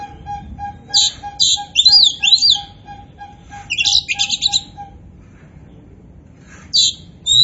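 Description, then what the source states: Oriental magpie-robin singing varied whistles and harsh buzzy notes in quick bursts, over a steady, repeated lower tone. Indonesian name kacer poci; described as gacor, singing actively.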